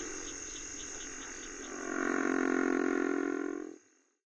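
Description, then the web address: River frog calling with a faint rattling lead-in followed by one long, low, snore-like grunt of about two seconds that stops abruptly. Frog of North America. "Songs of Frogs Toads of North America. River Frog"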